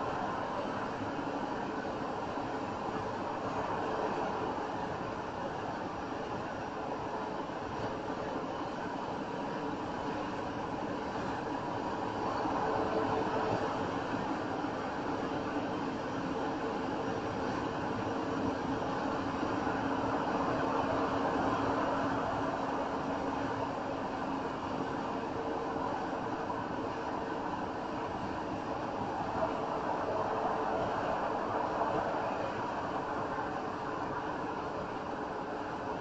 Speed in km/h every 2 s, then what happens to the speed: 90, 90, 90, 89, 89, 89, 89, 89, 93, 93, 95, 95, 93, 92, 92, 90, 89, 89.
0-14 steady at about 89. 14-23 speeds up to 95. 23-36 slows to 89.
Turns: none.